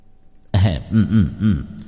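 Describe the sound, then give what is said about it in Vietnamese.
A low, rough throat clearing starts with a harsh burst, then three quick voiced rasps in a steady rhythm, fairly loud against an otherwise quiet background. “Nhìn hai người vẫn còn tỉnh tứ, hắng giọng.”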